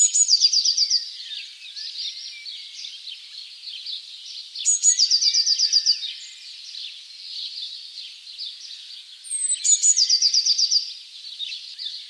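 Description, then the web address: Bird giving high buzzy trilled bursts, each near one second, returning about every five seconds, while thin chirping notes fill the gaps. "cianscape. Deverinetal 2025. Bird Only"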